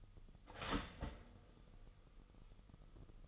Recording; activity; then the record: daily activity, microphone in the room; start toaster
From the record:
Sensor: 4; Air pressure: 989.3 hPa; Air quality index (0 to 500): 217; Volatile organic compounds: 69 ppm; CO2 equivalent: 3511 ppm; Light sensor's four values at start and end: 22/78/29/30 and 23/79/29/30